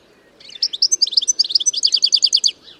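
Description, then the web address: Bird singing a fast, high trill of rapid chirped notes that runs steadily for about two seconds. "Bird Only"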